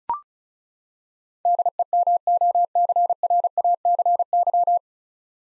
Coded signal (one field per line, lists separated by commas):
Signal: Morse code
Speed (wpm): 34 wpm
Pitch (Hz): 700 Hz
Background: none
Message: DEMOCRACY